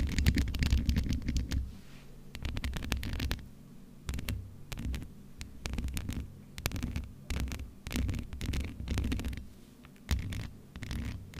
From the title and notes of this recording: ASMR Mic Scratching no Talking, MIT/OHNE Cover.